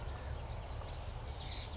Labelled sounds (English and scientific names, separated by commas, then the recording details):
Anna's Hummingbird (Calypte anna)
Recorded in Sonoma County, California